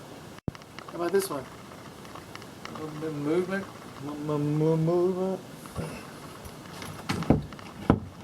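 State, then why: Not seated. During a home inspection of an upstairs interior in a 1980s house, someone talks, then an interior door is pushed closed, and its edge knocks against the frame around 7.1 to 7.9 s. The latch has not clicked into the strike plate yet, so the door neither latches nor locks.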